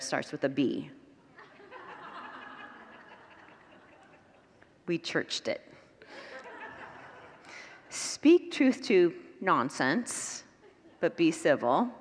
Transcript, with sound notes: It starts with a B. [Congregants laugh] We churched it. [Congregants laugh] Speak truth to nonsense… but be civil,